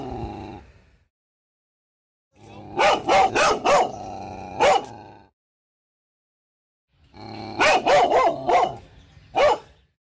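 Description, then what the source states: Dog barking in two bursts of rapid, sharp barks separated by silence, each burst ending with a lone extra bark. Terrifying dog barking.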